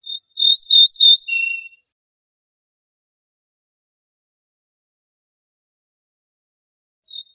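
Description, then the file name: Ortolan bunting delivers one phrase of bright repeated notes ending in a lower tone, followed by long silence and the start of another note at the end. "suara kicauan ortolan"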